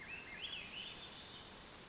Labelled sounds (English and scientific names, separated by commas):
Swainson's Thrush (Catharus ustulatus)